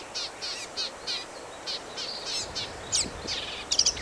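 Black-capped vireo singing short high chattering phrases repeated at short intervals, ending in a louder, sharper burst of notes.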